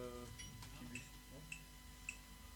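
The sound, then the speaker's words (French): A small clock ticks softly and steadily, a light, crisp tick roughly every half second, over a low murmuring background. “petit tic-tac.”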